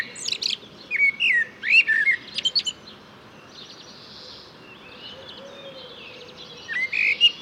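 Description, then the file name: Eurasian blackbird giving a short warbled phrase with a squeaky high ending, then a long quiet gap before another brief fluty note at the end. "Turdus merula"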